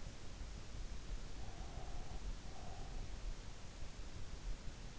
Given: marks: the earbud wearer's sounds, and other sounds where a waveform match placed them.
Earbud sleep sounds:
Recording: sounds in sleep by an in-ear microphone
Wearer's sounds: breath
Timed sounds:
1.32-3.24 s: breath

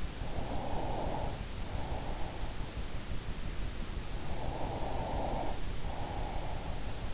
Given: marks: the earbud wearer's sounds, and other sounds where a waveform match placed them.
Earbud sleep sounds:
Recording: sounds in sleep by an in-ear microphone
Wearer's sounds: breath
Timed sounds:
0.00-2.82 s: breath
4.02-7.09 s: breath

